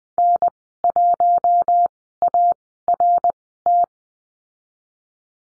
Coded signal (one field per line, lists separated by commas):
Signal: Morse code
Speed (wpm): 20 wpm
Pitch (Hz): 700 Hz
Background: none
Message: N1ART